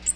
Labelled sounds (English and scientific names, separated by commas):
Magnolia Warbler (Setophaga magnolia) flight call